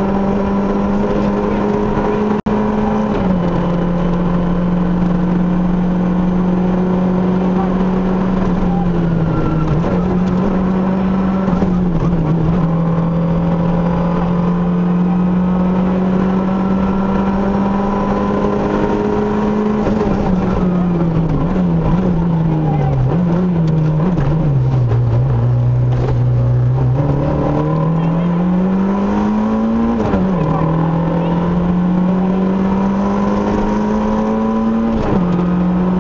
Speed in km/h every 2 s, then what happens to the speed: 134, 137, 142, 132, 119, 105, 113, 122, 130, 105, 64, 40, 44, 64, 81, 97, 109, 122.
0-5 speeds up to 142. 5-9 brakes to 105. 9-17 speeds up to 130. 17-23 brakes to 40. 24-36 speeds up to 122.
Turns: none.